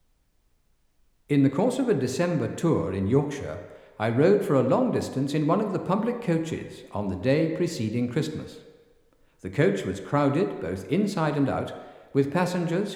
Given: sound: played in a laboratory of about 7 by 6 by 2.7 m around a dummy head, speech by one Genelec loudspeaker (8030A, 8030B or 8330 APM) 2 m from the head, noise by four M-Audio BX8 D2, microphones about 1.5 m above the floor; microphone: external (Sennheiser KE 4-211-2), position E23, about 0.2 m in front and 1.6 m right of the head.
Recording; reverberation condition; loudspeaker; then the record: male speech in English; high; 90 degrees to the right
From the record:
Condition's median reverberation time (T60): about 1300 ms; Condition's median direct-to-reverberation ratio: about -4.0 dB